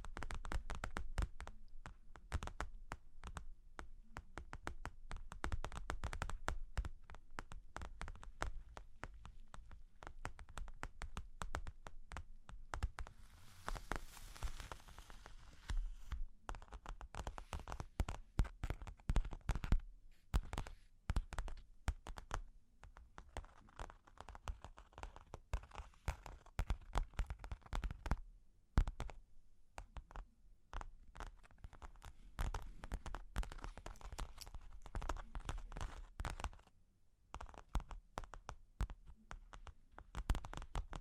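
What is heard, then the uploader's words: Long claws tap and scratch in dense, irregular clicks, with a brighter scraping burst around fourteen seconds and a short quiet near thirty-seven. Long Claws Tapping and Scratching (No Talking).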